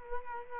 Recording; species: mosquito wingbeat signal from an infrared sensor; Culex quinquefasciatus